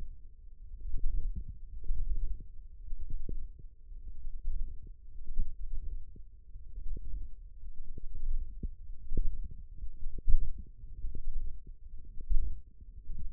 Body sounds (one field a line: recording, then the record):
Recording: forearm muscle sounds (acoustic myography)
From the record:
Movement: wrist extension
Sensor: system 1, eight BSWA MPA416 microphones around the upper forearm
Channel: 3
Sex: male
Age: 23 years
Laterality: right